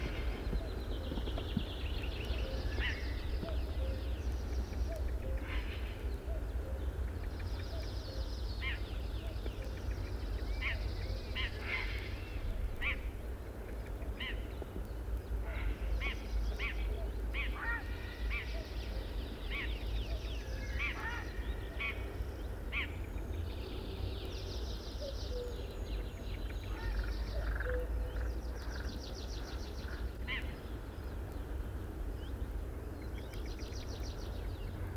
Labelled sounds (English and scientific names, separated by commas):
Barred Warbler (Sylvia nisoria)